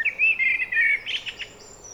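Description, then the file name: Eurasian blackbird song: a fluted warbling phrase for about a second, followed by a brief, higher squeaky twitter that fades out. "Turdus merula"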